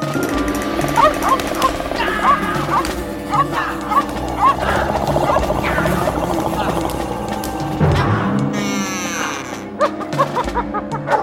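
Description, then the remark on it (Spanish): A dog barks and snarls in a scuffle, short harsh yelps repeating over a dense, busy layer of growls and clatter, with a voice talking in places. “Entonces el perro lucha para que lo deje pasar.”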